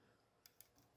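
A 3.5 mm plug is pushed into a jack adapter, making two sharp clicks at 0.5 s and 0.6 s over a quiet background. It snaps in and seats with a nice tight fit, unlike a loose fit that doesn't snap.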